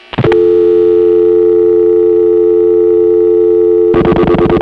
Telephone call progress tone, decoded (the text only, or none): dial tone